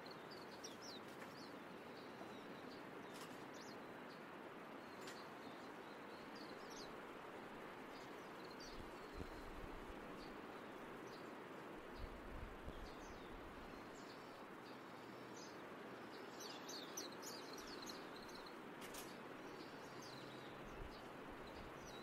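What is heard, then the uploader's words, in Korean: Natural outdoor sounds from Jeju: a steady, dense wash of rushing noise fills the whole 22 seconds with little change in level. Small high bird chirps flick in and out throughout, with a few brief low thumps around twelve seconds. 제주 자연의 소리.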